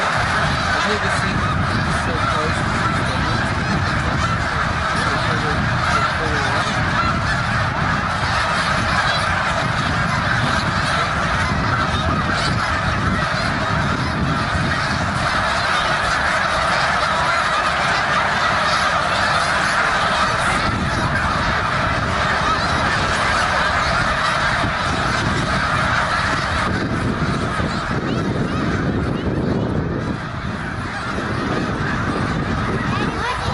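A large flock of snow geese calls nonstop at a reservoir, hundreds of overlapping honks merging into a dense, steady clamor. The din stays constant throughout, with a low rumble of wings and water beneath and no single bird standing out.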